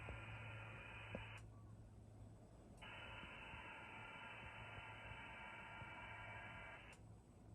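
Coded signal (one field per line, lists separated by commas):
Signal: HF data modem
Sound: wide rushing hiss bursts switching on and off, two long bursts with short pauses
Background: radio static, low hum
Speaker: okay on the screen you can see that we're connected to A7 L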